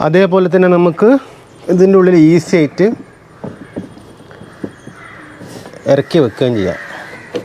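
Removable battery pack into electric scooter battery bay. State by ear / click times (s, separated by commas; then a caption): not seated / none. Someone talks while lowering the roughly 11 kg removable battery pack of an electric scooter into its battery bay, with a few brief knocks and rustles between the words. Nothing has seated or locked in place yet.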